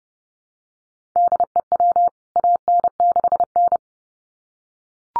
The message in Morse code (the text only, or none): DEW AN6N